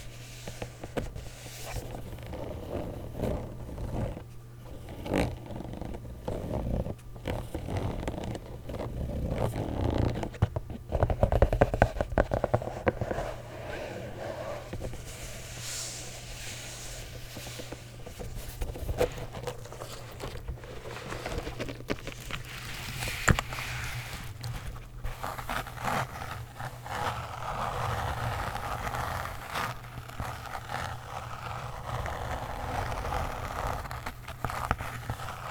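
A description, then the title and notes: A Nintendo Switch case is handled with dense scraping, zipper-like rasps and clicks over a steady low hum, louder around ten seconds. ASMR Nintendo Switch Case Sounds.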